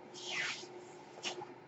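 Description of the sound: A soft, airy hiss rises and fades over about half a second, followed by a shorter puff of air, with a faint steady hum underneath. These are the airflow sounds of a mechanical ventilator delivering breaths.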